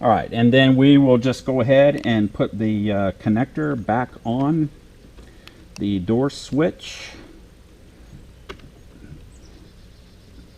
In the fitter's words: of feel it pop into place a little bit alright